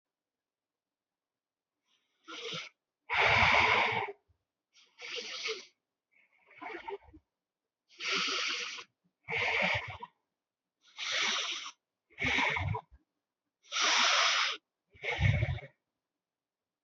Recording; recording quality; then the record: deep breathing; excellent, no background noise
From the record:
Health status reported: healthy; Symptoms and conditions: none ticked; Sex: female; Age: 25 years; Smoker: not ticked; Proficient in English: yes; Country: India